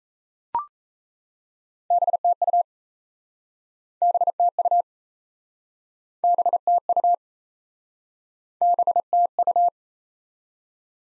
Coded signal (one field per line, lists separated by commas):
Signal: Morse code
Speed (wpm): 38 wpm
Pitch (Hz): 700 Hz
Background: none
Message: BTU BTU BTU BTU